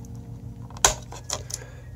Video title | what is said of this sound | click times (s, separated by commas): Laptop screen replacement / How to replace laptop screen Lenovo Thinkpad T440s | and that is the sound of these little clasps coming undone all | 0.8 s, 1.3 s, 1.5 s